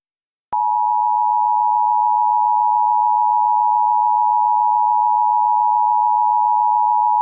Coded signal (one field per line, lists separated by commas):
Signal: Emergency Alert System (SAME) tones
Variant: 853 and 960 Hz attention tone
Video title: Mock EAS Scenario - Food poisoning